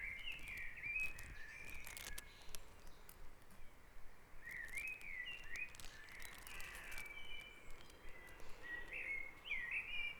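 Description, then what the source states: Birds in a dawn chorus, short chirping and slurred notes in quick irregular bursts, some rising, with occasional clicks and low background noise. Dawn chorus on Back Dragon Avenue, Harrogate; part of the Sound Map of Harrogate.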